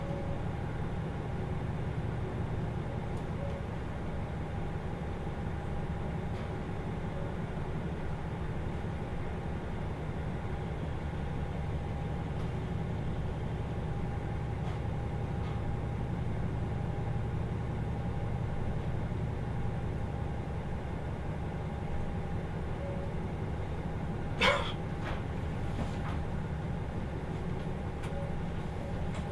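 A Kyushu Ōdan limited express train climbs toward Aso, its steady low rumble and faint whine continuing, with a brief sharp clatter near 24 seconds.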